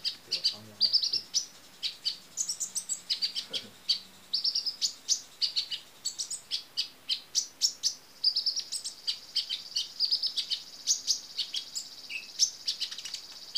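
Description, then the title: Small bird singing a long run of rapid high chirps and trills over steady background hiss, faint low tones briefly audible early on. "Burung Kecil"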